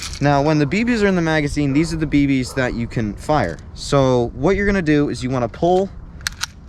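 Someone talks while the bolt of a 760 Pumpmaster Classic pump BB rifle is pulled back in its receiver to load a BB from the magazine. Two sharp clicks follow at 6.3 s and 6.4 s as the bolt latches into the cocked position.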